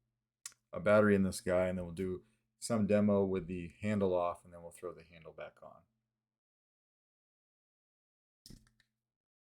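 A cylindrical battery is being handled at the resin chassis holder of a lightsaber hilt while someone talks for most of the clip, followed by silence and a few faint, brief handling taps near 8.5 s. The battery has not snapped into the saber chassis yet, and nothing has seated or clicked.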